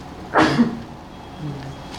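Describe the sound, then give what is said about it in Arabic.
A single sharp sneeze bursts out, a broad noisy blast with a quick tail, followed by a soft low murmur and faint background rumble. “يرحمك الله.”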